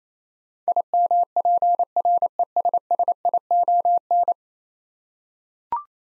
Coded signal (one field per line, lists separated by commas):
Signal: Morse code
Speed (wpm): 28 wpm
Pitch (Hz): 700 Hz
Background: none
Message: IMPRESSION